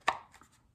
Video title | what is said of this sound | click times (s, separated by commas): Alien Gear ShapeShift G2C to G3C modification | You can hear it click, pull it right back out of the holster. | 0.1 s